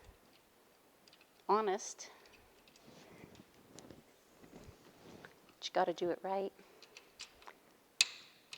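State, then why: Seated. A loaded bobbin is pushed into the metal bobbin case of a longarm quilting machine, with the lever flat and the thread opening facing up, while someone talks and faint small ticks sound in the background. A loud, sharp click at 8.0 s marks the bobbin seating, showing it is locked in place correctly.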